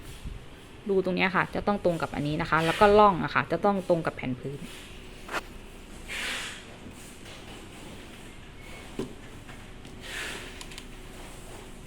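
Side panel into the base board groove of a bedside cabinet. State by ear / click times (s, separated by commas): not seated / none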